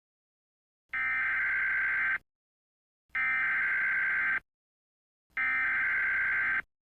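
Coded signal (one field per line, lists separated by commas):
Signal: Emergency Alert System (SAME) tones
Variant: header bursts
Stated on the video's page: A simulated nuclear attack EAS scenario, a fictional long-form mock.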